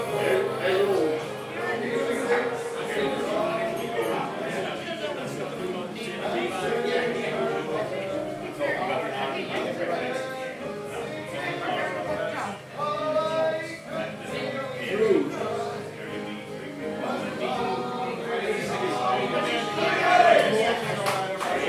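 An Irish sing-along on Inis Oírr: many voices overlap in a dense, steady crowd sound, with sung lines and talking mixed together. Clattery clicks and knocks run throughout, and a high, clear note rises briefly around twenty seconds.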